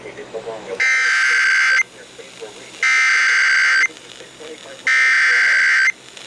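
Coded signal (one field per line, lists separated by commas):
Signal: Emergency Alert System (SAME) tones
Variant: header bursts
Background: speech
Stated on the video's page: EAS alerts from NWS Paducah.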